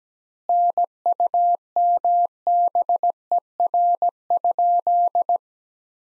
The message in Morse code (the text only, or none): NUMBER?